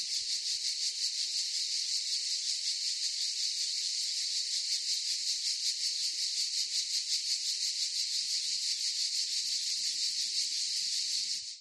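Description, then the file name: Cicadas in chorus, a dense high hissing buzz that pulses steadily without a break. Forest chorus of cicadas. "gain walkers CICADAS Forest Chorus"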